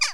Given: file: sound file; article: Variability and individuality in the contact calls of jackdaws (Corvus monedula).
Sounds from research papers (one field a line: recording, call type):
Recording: jackdaw call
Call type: harmonic